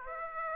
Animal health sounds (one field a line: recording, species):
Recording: mosquito wingbeat signal from an infrared sensor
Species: Aedes aegypti